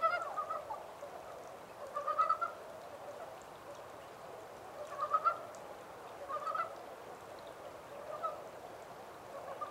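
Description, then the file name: Montane brown frog giving short bursts of rattling croaks every few seconds, with hiss between. 14 April 2010. "yamaakagaeru-20100414"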